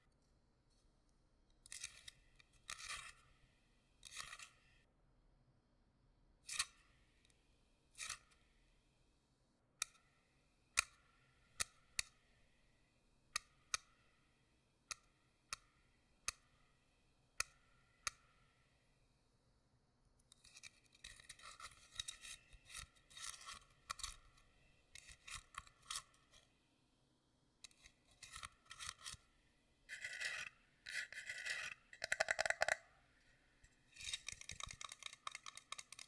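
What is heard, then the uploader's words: Dry tapping and scratching on wood. Sharp isolated taps come every second or so for the first twenty seconds, then denser scratchy strokes and rapid bursts of tapping follow, growing busier toward the end. Wood Tapping and Scratching.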